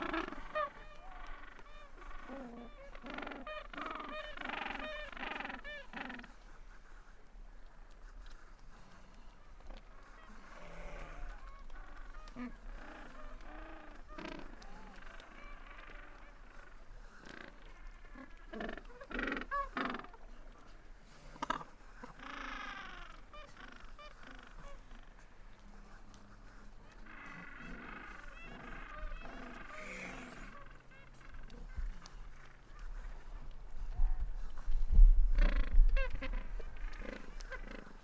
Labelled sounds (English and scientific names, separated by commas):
Gentoo Penguin (Pygoscelis papua) call